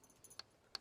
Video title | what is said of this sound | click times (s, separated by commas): Thetford Toilet Fresh-Up Kit | and there we go so that's clicked into place it's | 0.7 s